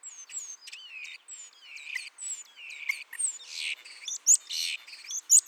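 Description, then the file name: Common starling song: long descending whistles alternating with buzzy wheezes and rattling bursts, ending in sharp squeaky notes. "Spreeuw"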